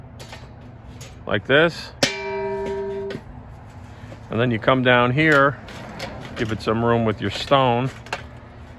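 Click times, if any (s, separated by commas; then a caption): 8.1 s. Someone talks while lowering the stone-cover lid of a YELLOWSTONE portable gas fire bowl so its latch catches in the small groove on the bowl rim. A steady tone sounds from about 2.0 to 3.1 s, then a single sharp click lands at 8.1 s as the latch locks in place.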